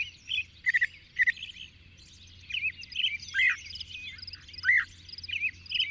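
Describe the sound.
Bird song, short chirps and arched whistled notes in an irregular sequence over busy background twittering.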